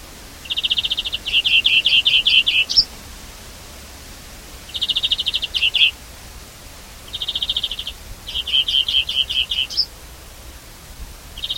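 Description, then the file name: European greenfinch giving rapid, rattling trills followed by rolling series of bright chirps, in several bursts separated by short pauses, with a faint steady background hiss. "Chloris chloris"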